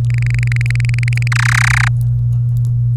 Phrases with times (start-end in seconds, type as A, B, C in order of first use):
0.10-1.28 A, 1.32-1.88 B